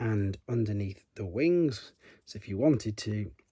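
Someone talks while handling a plastic sword accessory, lining its peg up with the 5 mm port under the wing of a Transformers Prime Voyager Class Skyquake figure. Only speech is heard; the peg has not seated or clicked yet.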